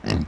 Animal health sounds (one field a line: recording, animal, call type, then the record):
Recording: contact call of a hoofed animal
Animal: wild boar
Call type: grunt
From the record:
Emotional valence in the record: positive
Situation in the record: food anticipation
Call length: 0.28 s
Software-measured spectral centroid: 2710 Hz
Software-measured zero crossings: 870 a second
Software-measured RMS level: -24 dBFS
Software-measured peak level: -13 dBFS